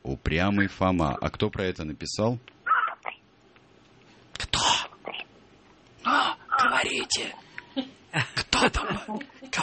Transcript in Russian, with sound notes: Упрямый Фома. А кто про это написал? (шёпотом) Кто? Ну, говорите? Кто там был, говорите!